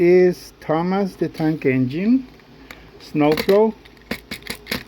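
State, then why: Not seated. Someone talks while a 3D-printed plastic part is pushed into a Thomas the Tank Engine Trackmaster toy train engine. Near the end come a few short, sharp plastic clicks and rattles at about 4.0, 4.1, 4.4, 4.5 and 4.7 seconds as the part is handled. The clip ends before the part goes home, and nothing has seated yet.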